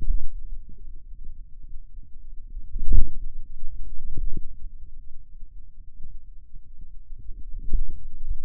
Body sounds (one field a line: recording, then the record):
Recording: forearm muscle sounds (acoustic myography)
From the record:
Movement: inward rotation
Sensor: system 2, bracelet of six BSWA MPA416 microphones around the upper forearm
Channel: 5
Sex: male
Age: 22 years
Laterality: right